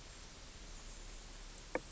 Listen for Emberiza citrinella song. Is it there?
no